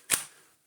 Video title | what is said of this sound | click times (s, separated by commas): Numatic Henry Quick NQ100 Cordless BAGGED Vacuum - Unboxing & First Look | that opens with a fairy satisfying click | 0.1 s